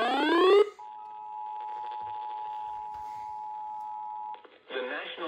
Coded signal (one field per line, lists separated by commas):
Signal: Emergency Alert System (SAME) tones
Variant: 853 and 960 Hz attention tone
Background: speech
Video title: HELENE MAKES HISTORY.. EAS Alerts from 9/26/24 to 9/27/24 (EAS #979-#1,010)